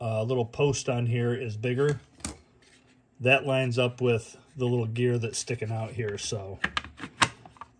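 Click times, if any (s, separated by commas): 7.6 s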